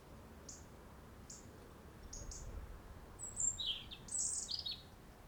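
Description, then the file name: European robin song: a few thin high notes spaced apart, then a quick run of sweeping, warbled high phrases near the end, over a soft hiss. "Erithacus rubecula"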